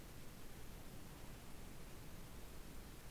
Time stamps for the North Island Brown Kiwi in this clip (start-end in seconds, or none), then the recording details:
none. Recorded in New Zealand on 8 January 2015. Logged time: 04:57. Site BX23